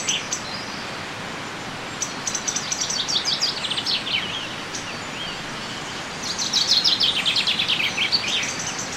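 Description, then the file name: Common chaffinch song: a softer phrase of quick falling notes, then a louder phrase of rapid falling notes, over constant hiss. "Fringilla coelebs"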